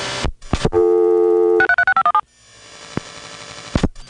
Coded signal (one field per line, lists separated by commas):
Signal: DTMF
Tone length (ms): 80 ms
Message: 636517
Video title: Evan Doorbell: Early 80s Phone Phreaking